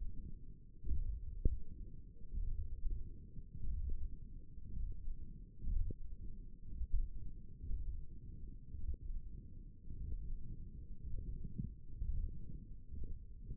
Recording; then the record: forearm muscle sounds (acoustic myography)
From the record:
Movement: hand closing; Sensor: system 1, eight BSWA MPA416 microphones around the upper forearm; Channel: 1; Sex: female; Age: 21 years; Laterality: right